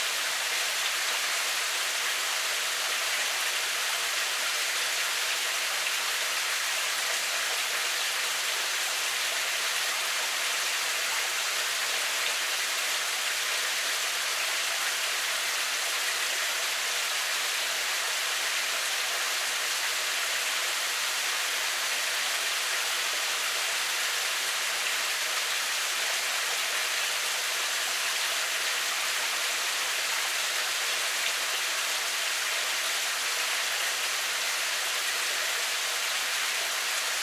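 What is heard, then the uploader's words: Water runs steadily through a cave, a dense, unbroken rush that holds the same level for the whole stretch. The sound sits mostly in the bright, hissing range with little low rumble, close and even, with no separate events standing out. Stream Running Through the Cave.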